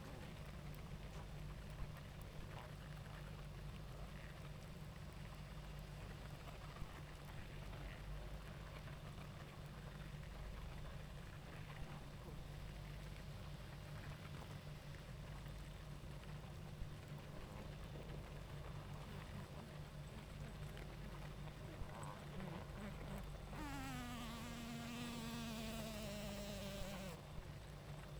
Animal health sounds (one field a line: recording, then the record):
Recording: honeybee colony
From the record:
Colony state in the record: active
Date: 28 July 2017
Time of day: 19:28